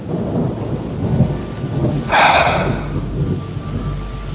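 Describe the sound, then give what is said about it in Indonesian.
Heavy rain pours in a steady, dense hiss over a low rumbling wind, with a brief louder rushing surge midway through before settling back. No one speaks. “Hujan deras dan angin kencang membuatku kedinginan.”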